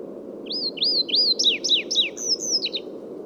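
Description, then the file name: Chestnut bunting delivering a brisk phrase of upswept whistles followed by falling slurred notes and high thin closing notes, against a constant low hum. "Ocyris rutilus song"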